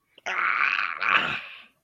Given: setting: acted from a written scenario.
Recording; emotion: vocal sound without words; pain